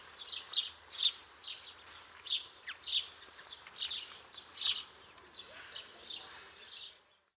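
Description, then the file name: House sparrow chirps, a steady series of sharp cheeps over a soft background hiss. "Passer domesticus"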